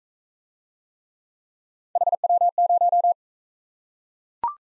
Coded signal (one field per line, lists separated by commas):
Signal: Morse code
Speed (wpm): 42 wpm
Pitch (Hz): 700 Hz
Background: none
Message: HW0